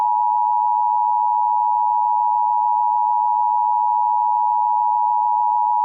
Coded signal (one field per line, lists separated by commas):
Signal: Emergency Alert System (SAME) tones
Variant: 853 and 960 Hz attention tone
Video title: EAS Double Feature: The Wrath of Chaos